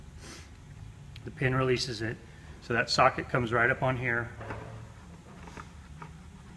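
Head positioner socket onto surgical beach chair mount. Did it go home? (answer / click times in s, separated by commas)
no / none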